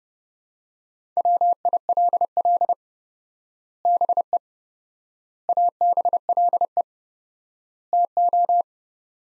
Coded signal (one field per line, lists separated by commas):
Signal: Morse code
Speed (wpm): 30 wpm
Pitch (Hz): 700 Hz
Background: none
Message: WILL BE ABLE TO